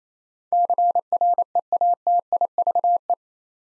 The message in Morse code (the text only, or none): CREATIVE